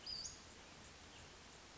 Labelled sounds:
Western Flycatcher (Empidonax difficilis)

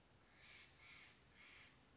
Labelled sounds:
Steller's Jay (Cyanocitta stelleri)

